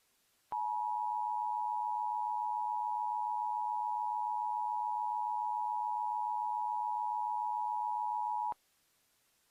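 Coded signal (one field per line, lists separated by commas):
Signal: Emergency Alert System (SAME) tones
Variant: 853 and 960 Hz attention tone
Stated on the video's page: Fictional EAS scenario about riots, a simulation.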